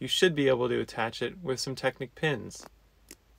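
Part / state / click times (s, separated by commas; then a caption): plastic Technic pin pushed into a toy brick assembly / seated / 3.1 s. Someone talks while a plastic part is attached to a plastic toy brick assembly with Technic pins. A single sharp click at 3.1 s marks a plastic Technic pin snapping home, seating it so the part is locked all the way through.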